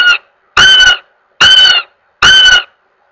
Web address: Goshawk. Wailing